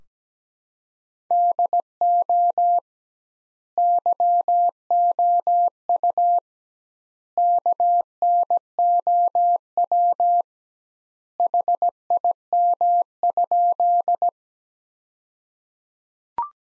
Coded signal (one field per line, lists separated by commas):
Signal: Morse code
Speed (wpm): 17 wpm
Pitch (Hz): 700 Hz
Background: none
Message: DO YOU KNOW HIM?